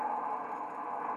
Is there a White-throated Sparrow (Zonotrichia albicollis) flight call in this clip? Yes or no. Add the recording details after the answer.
no. No flight call is heard. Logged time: 01:59 on 5 December 2014